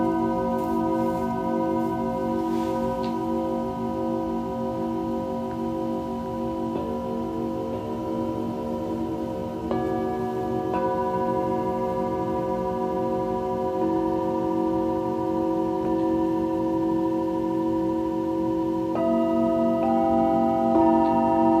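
Singing bowls ring in a steady, layered hum for sound healing, their long tones overlapping without pause. New strikes arrive every few seconds, around 7, 10, 11 and 19 seconds, adding brighter tones above the low drone. The loudness stays even throughout.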